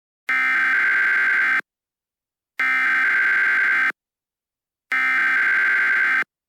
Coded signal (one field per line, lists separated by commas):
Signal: Emergency Alert System (SAME) tones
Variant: header bursts